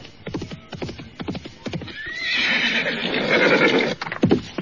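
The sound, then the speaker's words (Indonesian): Rhythmic clip-clop of horse hooves approaching through a dense forest, beating steadily, then a loud, drawn-out horse whinny rising and trailing off before the hoofbeats resume. “Ada suara langkah kaki kuda menuju kemari.”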